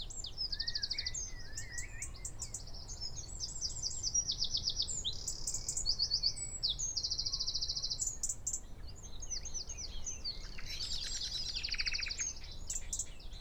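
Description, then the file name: Eurasian wren song, a long run of rapid, high rattling trills and sharp notes, with a few lower chirps and background hiss. "Troglodytes troglodytes"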